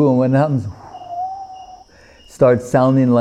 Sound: whistling sound